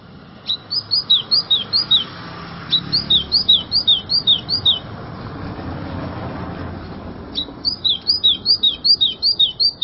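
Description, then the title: White-throated seedeater singing three bursts of rapid, downslurred whistled notes, each a string of similar notes. "Canto Do Golinha"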